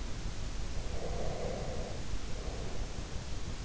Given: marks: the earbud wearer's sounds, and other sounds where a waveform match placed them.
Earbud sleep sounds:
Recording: sounds in sleep by an in-ear microphone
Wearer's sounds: breath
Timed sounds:
0.80-3.27 s: breath

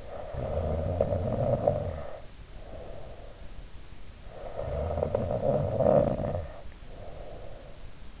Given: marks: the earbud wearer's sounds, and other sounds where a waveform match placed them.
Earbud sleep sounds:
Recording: sounds in sleep by an in-ear microphone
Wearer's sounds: snoring breath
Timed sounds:
0.00-3.54 s: snoring breath
4.23-7.83 s: snoring breath

